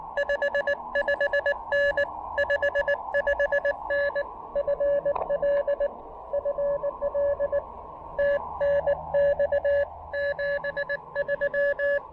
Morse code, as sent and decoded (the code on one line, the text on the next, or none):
..... ..... -. / ..... ..... -. / ..-. .-.. / ..-. .-.. / - -. -..- / --... ...--
55N 55N FL FL TNX 73